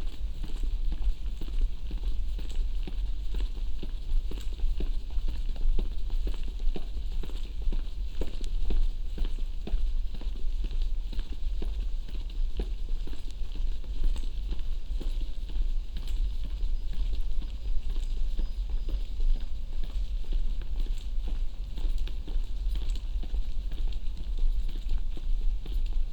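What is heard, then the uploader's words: Footsteps walking up a lane, a dense run of quick, sharp taps that keeps an even pace for the whole stretch with no pauses. A steady low rumble sits underneath, and a faint voice or two may come through now and then. Walking up Queen’s Lane and New College Lane. From High Street to Catte Street, on the left-hand side.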